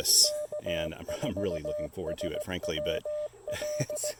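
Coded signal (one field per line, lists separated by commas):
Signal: Morse code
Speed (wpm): 17 wpm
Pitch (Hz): 600 Hz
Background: speech, radio noise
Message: K4SWL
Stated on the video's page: QRP Parks on the Air activation with an Icom IC-705, LDG Z-100 Plus tuner and Chameleon Tactical Delta Loop antenna.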